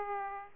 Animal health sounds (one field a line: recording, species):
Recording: mosquito wingbeat signal from an infrared sensor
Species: Aedes aegypti